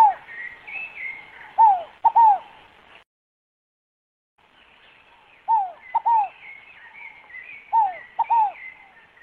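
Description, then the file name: Scaled dove cooing: three-note descending phrases given three times, with a short gap in the middle. Other birds twitter higher up. "canto da rolinha fogo pagou"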